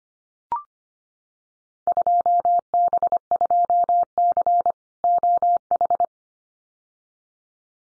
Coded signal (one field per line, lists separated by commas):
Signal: Morse code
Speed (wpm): 25 wpm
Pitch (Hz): 700 Hz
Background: none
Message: 2B2C OH